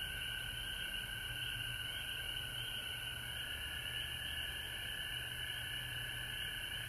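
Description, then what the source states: Frogs in full chorus, overlapping trills forming steady high and mid bands without pause, low noise in the background. Frogs recorded at home in Georgia on March 19, 2020.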